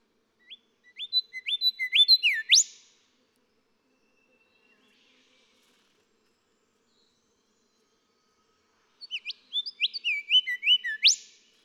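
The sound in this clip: Golden whistler song: two phrases of accelerating repeated whistles climbing in volume and finishing with a sharp rising whip note, several seconds apart.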